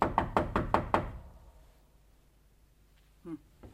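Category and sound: household object, knocking on a door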